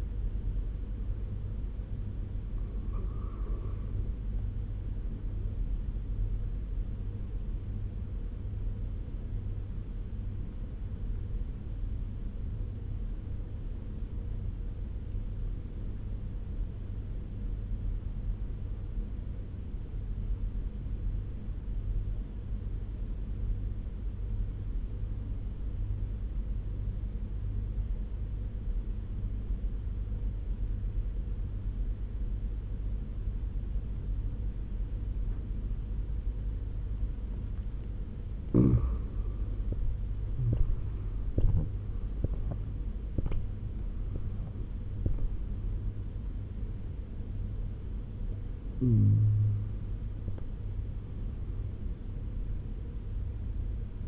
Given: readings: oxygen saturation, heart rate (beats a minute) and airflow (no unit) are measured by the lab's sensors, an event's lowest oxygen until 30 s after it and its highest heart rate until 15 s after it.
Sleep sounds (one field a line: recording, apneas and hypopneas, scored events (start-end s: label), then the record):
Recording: breathing in sleep by a smartphone at the bedside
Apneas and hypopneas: 1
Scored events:
14.00-38.70 s: obstructive apnea (N1, oxygen 96% highest, then 88% lowest, heart rate 76 at the start, 90 highest)
From the record:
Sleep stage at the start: N1 (lightest sleep)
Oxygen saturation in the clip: 88 to 96%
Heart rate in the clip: 65 to 90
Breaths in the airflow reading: 5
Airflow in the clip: -12.8 to 14.0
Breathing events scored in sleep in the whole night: 201 in 6.5 hours asleep